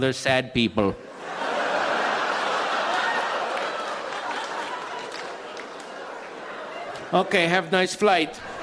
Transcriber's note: laughter